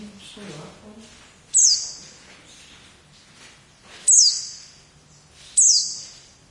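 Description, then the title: Oriental white-eye calls: three loud, very high, sharply falling notes, irregularly spaced, over faint low noise. "Pleci"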